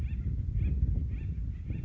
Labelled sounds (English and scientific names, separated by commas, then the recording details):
Acorn Woodpecker (Melanerpes formicivorus)
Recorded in Sonoma County, California